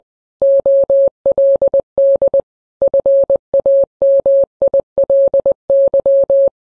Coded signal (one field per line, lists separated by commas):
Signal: Morse code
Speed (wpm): 20 wpm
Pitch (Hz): 550 Hz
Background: none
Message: OLD FAMILY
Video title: The Simpsons Presents: Steamed Hams - Morse Code: Part 2